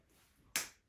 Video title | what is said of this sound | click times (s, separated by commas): Empress Haby Of The Week - Prym Love Needle Twister | um I think you'll even be able to hear that click | 0.6 s